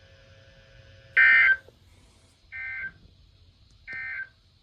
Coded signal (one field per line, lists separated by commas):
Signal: Emergency Alert System (SAME) tones